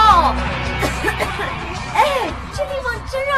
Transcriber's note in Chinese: coughs